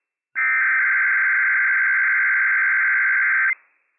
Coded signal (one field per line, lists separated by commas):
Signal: Emergency Alert System (SAME) tones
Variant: header bursts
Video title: Inland Northwest Required Weekly Test - WWF56 - EAS #278 - 8:50 AM PDT 10/6/22